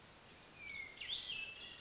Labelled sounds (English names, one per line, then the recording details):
Hermit Thrush
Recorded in Sonoma County, California